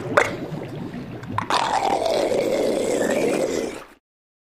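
Seal or sea lion giving a harsh, throaty roar that starts with a few short grunting bursts, then swells into a steady, drawn-out bellow lasting over two seconds before fading.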